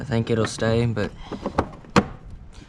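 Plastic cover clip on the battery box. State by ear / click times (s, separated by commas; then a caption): partly seated / 2.0 s. Someone talks while a plastic engine-bay cover clip on the battery box of a Speed 3 is pressed down. A sharp snap is heard at 2.0 s, and only one side of the cover locks in.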